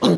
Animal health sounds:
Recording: pig call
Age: piglet (1 to 25 days)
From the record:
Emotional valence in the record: negative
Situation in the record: surprise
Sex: female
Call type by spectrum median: low-frequency call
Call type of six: low-frequency tonal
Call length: 0.18 s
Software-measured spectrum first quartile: 269 Hz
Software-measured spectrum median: 508 Hz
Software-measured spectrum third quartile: 1792 Hz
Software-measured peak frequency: 191 Hz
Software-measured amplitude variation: 108 dB a second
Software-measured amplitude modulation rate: 13.9 a second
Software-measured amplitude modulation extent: 7.7 dB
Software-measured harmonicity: 4.1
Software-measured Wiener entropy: -2.42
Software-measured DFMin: 1187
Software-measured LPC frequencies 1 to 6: 387, 1043, 3974, 5276, 6341, 9496 Hz

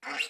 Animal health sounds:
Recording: pig call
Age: piglet (1 to 25 days)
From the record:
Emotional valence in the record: negative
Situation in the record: restrain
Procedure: in the arms of a person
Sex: female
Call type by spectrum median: high-frequency call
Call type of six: low-frequency tonal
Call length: 0.30 s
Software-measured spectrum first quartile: 1563 Hz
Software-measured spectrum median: 2511 Hz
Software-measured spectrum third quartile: 3087 Hz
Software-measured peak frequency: 2766 Hz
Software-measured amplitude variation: 164 dB a second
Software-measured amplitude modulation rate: 11.7 a second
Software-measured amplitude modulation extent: 14.0 dB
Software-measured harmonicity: 1.0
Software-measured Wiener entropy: -1.22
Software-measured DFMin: 641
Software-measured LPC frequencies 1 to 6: 771, 1476, 2112, 2759, 3970, 4672 Hz

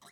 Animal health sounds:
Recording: pig call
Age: piglet (1 to 25 days)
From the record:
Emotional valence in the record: negative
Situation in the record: long isolation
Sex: male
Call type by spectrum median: high-frequency call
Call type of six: mixed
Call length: 0.12 s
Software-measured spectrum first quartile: 1077 Hz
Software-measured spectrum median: 3031 Hz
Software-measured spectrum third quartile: 6294 Hz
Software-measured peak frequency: 1143 Hz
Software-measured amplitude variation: 77 dB a second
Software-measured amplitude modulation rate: 12.8 a second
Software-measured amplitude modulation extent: 6.0 dB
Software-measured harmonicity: 0.7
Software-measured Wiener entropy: -1.69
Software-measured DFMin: 552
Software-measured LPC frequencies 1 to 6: 855, 1251, 1972, 3319, 3935, 5278 Hz

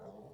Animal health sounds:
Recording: pig call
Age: piglet (1 to 25 days)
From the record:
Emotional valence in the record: negative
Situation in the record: long isolation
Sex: male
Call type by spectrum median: low-frequency call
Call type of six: low-frequency stable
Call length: 0.34 s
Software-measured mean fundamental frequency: 66 Hz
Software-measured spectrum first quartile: 280 Hz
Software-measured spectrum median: 466 Hz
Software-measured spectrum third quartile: 686 Hz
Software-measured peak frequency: 430 Hz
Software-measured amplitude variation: 115 dB a second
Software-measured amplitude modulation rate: 25.3 a second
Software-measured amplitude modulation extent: 4.5 dB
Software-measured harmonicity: 1.4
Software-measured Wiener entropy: 0.29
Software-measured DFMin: 1343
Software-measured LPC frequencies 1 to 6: 579, 3434, 4301, 5304, 6873, 7516 Hz

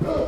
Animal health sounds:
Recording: pig call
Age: growing-finishing pig (85 days or more)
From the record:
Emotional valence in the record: positive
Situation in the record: run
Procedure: transit

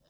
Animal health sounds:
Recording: pig call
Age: piglet (1 to 25 days)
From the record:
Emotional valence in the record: positive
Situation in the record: reunion after long isolation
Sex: female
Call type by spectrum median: low-frequency call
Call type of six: low-frequency tonal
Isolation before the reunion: 8 minutes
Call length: 0.10 s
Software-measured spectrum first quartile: 362 Hz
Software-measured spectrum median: 1324 Hz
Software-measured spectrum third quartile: 5497 Hz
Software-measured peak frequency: 582 Hz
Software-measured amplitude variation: 70 dB a second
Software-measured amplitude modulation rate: 19.2 a second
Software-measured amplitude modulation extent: 3.6 dB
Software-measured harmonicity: 4.1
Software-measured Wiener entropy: -2.27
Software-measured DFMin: 962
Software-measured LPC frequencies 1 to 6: 614, 1663, 3016, 3735, 5066, 5689 Hz

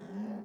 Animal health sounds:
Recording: pig call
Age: piglet (1 to 25 days)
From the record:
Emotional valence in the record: negative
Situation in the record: long isolation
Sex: male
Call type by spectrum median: low-frequency call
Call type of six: low-frequency stable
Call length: 0.44 s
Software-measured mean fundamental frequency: 67 Hz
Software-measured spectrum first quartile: 207 Hz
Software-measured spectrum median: 257 Hz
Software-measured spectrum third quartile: 530 Hz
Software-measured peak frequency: 209 Hz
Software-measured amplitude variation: 117 dB a second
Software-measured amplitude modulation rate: 13.6 a second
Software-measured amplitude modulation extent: 8.6 dB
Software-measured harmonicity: 8.4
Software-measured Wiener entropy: -0.11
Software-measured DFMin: 981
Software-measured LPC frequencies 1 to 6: 1752, 2711, 3401, 4503, 5227, 6199 Hz

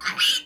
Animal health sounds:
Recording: pig call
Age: piglet (1 to 25 days)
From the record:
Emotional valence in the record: negative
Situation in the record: restrain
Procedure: sham castration, cut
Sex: male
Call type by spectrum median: high-frequency call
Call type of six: high-frequency modulated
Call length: 0.46 s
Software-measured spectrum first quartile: 2582 Hz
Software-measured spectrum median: 3102 Hz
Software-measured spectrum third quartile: 4342 Hz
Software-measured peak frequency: 2911 Hz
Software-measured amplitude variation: 193 dB a second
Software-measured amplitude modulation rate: 12.0 a second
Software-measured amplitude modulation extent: 16.1 dB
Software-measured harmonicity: 4.0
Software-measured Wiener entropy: -2.19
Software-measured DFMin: 891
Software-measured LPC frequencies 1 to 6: 1411, 2941, 3364, 4534, 4915, 6090 Hz

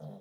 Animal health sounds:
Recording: pig call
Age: piglet (1 to 25 days)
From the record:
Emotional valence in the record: negative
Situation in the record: short isolation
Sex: female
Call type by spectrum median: low-frequency call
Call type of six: low-frequency stable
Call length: 0.21 s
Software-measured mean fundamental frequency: 50 Hz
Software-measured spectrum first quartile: 164 Hz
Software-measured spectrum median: 274 Hz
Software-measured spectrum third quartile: 614 Hz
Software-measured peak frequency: 202 Hz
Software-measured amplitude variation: 115 dB a second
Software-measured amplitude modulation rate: 21.1 a second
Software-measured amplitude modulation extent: 5.4 dB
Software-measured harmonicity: 2.7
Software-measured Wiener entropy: -0.09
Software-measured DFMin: 1107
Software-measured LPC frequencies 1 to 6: 629, 3282, 3899, 5030, 6204, 7243 Hz

